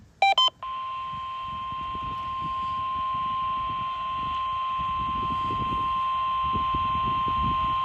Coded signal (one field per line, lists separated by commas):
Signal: Emergency Alert System (SAME) tones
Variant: 1050 Hz attention tone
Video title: KDO89 Required Weekly Test on the WX-100. 12/4/24. EAS #196